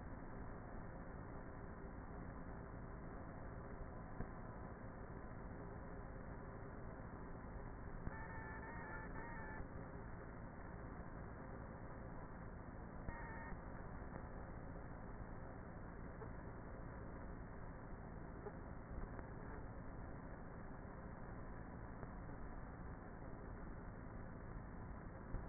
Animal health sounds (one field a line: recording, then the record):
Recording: honeybee colony, microphone inside the hive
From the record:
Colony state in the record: queenless with a low population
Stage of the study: before two queens were removed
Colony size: about 30,000 bees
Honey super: no